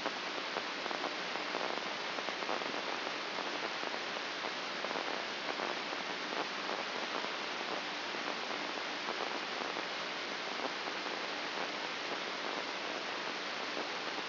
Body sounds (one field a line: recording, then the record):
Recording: brain microelectrode recording played as sound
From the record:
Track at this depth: inside the subthalamic nucleus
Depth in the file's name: 5.629 mm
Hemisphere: left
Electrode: 2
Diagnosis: Parkinson's disease